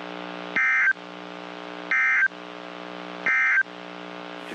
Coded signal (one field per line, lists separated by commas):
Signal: Emergency Alert System (SAME) tones